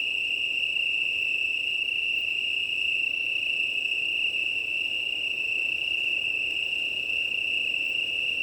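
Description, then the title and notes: Italian tree cricket chorus, a constant, even trilling drone from many crickets. Chorus of many Italian tree crickets on a plateau in Drôme, France, 18 September 2019 at 20:35, early night, windy, recorded on a six-track recorder with an MKH8020 microphone. "18 septembre 2019-20h35-Plateau de Lesches en Diois - Drôme - un chorus de Grillons italiens (Oecanthus pellucens)"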